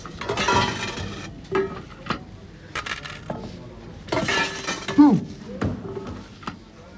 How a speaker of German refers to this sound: Die Kassierer werfen Scheine und Münzen auf den Blechteller. Die Arbeiter nehmen das Geld heraus, legen den Teller wieder ab, gehen weg.